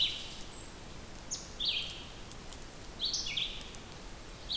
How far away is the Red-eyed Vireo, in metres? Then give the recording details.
about 30 m. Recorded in boreal forest in Alberta, Canada, on 2 June 2016 at 08:31. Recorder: SongMeter 3, array SBT-3-7. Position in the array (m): 309 m, 28 m